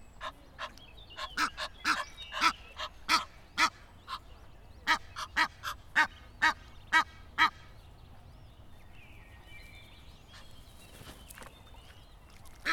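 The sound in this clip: Egyptian goose honking calls, a fast run of harsh, nasal honks about twice a second for the first seven seconds, then quieter with faint background sounds.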